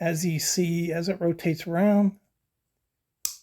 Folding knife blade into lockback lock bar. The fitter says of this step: you hear it lock in, and you unlock it by pressing down on here.